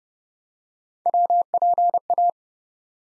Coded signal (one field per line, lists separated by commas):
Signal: Morse code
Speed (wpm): 29 wpm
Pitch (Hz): 700 Hz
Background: none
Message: WPA